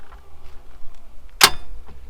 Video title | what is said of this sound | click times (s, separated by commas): Thule T2 Pro XT Bike Rack - Review, Demonstration, and Installation (9034XT) | you'll hear the click and you're ready to roll | 1.4 s